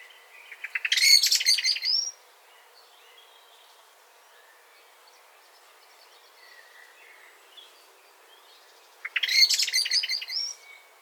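Eurasian blackbird repeating a harsh, high twittering phrase of rapid clicks and squeaks twice, about eight seconds apart, with quiet in between.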